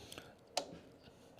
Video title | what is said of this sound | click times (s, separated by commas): Technical and Production 101 with MTAV | you can hear that click | 0.6 s